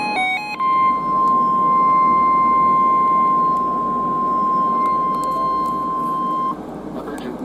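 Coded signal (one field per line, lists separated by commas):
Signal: Emergency Alert System (SAME) tones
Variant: 1050 Hz attention tone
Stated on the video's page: Real alerts including many Severe Thunderstorm Warnings, some received on a model 259 receiver.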